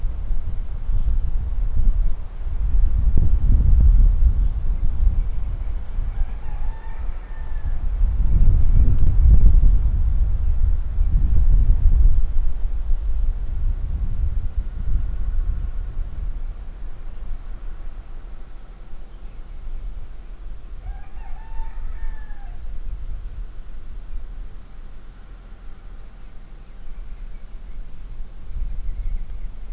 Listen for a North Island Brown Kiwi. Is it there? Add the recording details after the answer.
no. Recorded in New Zealand on 8 June 2013. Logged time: 02:19